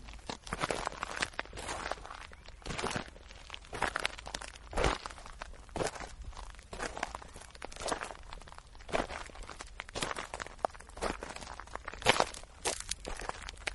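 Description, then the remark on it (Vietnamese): Slow, heavy footsteps crunch over gritty ground, each step landing roughly a second apart with a scraping, echoing quality. No voices, just the steady trudge of walking. “Khu vực phía sau cửa đá này dường như rất vọng âm. Tiếng bước chân tuy ở xa, nhưng ghé tai qua cửa là nghe rõ một một, không lầm được, đúng là tiếng chân người đi, nghe rất nặng nề, như cả ngàn cân dậm xuống vậy.”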